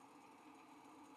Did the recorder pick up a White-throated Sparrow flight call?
no